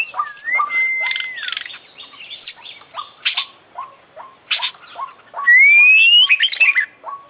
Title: Kicau Mania - Full Isian Juara Internasional Burung KACER Gacor